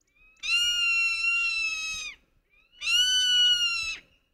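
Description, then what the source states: Zone-tailed Hawk giving two long, drawn-out screaming whistles, each lasting over a second, steady then dropping at the end, separated by a short pause. American Southwest; resembles a turkey vulture and soars among groups of turkey vultures.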